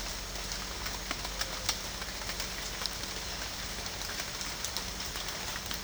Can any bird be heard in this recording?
no